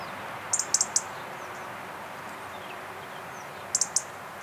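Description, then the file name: European robin ticking in two short bursts of three to five hard, high clicks, separated by a few seconds of faint hiss. "Erithacus rubecula"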